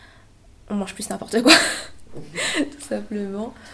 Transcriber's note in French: rire